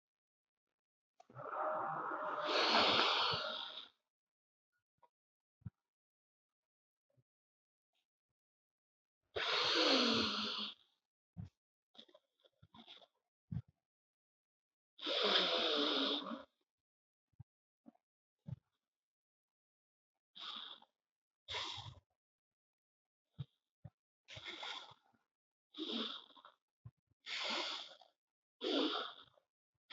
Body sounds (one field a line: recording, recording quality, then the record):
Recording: shallow breathing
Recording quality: excellent, no background noise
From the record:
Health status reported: healthy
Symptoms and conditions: none ticked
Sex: male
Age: 34 years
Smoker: yes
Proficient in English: yes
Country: India